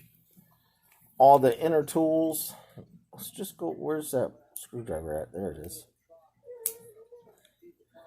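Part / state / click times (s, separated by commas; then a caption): screwdriver blade locking open in a multi-tool body / seated / 6.7 s. A screwdriver is pulled out of a metal multi-tool while someone talks, and it snaps into its locked open position. A sharp click is heard at 6.7 seconds as the screwdriver blade locks open in the multi-tool body, followed by faint handling sounds.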